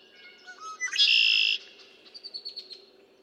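Red-winged blackbird song: a few short whistled introductory notes, then a loud, harsh buzzy trill lasting about half a second, followed by softer scattered chips.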